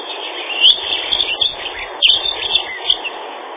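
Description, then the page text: Dunnock song, a quick run of thin, high twittering notes in several bursts, set against a steady background hiss. "Лесная завирушка — Prunella modularis"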